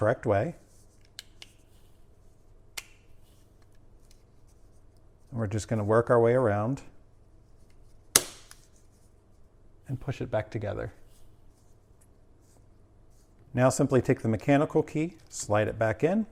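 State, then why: Seated. The two plastic halves of a Honda smart key shell are pressed back together around the edge after a battery swap, while someone talks. A single loud, sharp snap at 8.2 s marks the shell halves seating together.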